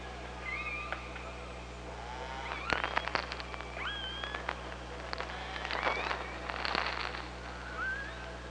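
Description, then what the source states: Orca calls: several harmonic, rising and falling tonal calls with sharp upsweeps, interleaved with bursts of rapid clicks, over a steady low underwater hum. OrcaLab hydrophone, 24 August 2017 at 05:29.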